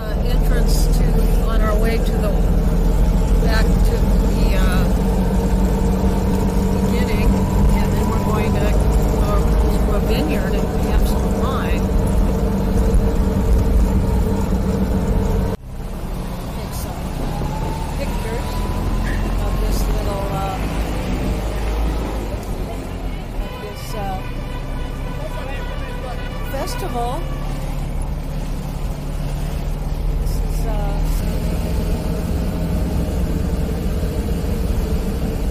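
A car drives along with a steady low engine drone and road rumble, its pitch holding even for the first fifteen seconds. A sharp break near the middle resets the sound, then voices talk over the continuing hum, with some light rattling and clicks later on.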